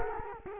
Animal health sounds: mosquito wingbeat signal from an infrared sensor; Culex quinquefasciatus

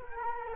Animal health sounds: mosquito wingbeat signal from an infrared sensor; Culex quinquefasciatus

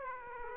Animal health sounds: mosquito wingbeat signal from an infrared sensor; Aedes aegypti

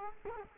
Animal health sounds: mosquito wingbeat signal from an infrared sensor; Culex quinquefasciatus

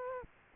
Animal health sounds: mosquito wingbeat signal from an infrared sensor; Aedes aegypti

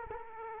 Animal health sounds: mosquito wingbeat signal from an infrared sensor; Culex quinquefasciatus

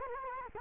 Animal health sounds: mosquito wingbeat signal from an infrared sensor; Culex quinquefasciatus

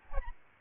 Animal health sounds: mosquito wingbeat signal from an infrared sensor; Aedes albopictus

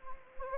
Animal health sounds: mosquito wingbeat signal from an infrared sensor; Anopheles gambiae

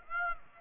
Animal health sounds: mosquito wingbeat signal from an infrared sensor; Aedes aegypti

